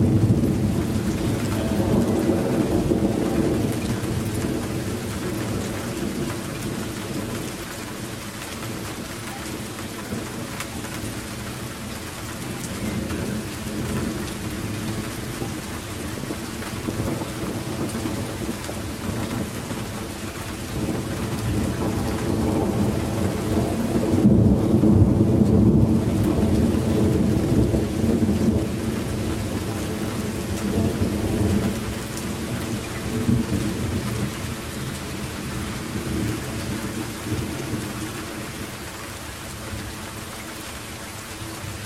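Thunder growls on without a break, a deep rumbling roll that swells and eases over the whole stretch, loudest near the middle and again around twenty-five seconds. A steady hiss of rain sits underneath throughout, with a brief dip in the upper hiss around that peak.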